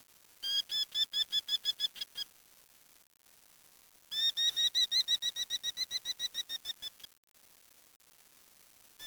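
Bird giving rapid runs of short chipping notes in two bursts separated by a pause.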